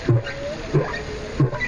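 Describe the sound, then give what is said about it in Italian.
Dolphins recorded underwater with a hydrophone, played back at the Galata Museo del Mare in Genoa: three squeaky, chattering bursts spaced at a steady rhythm, with a thin, faint whistle tone gliding between them over a constant hiss. “Per esempio, questi sono delfini.”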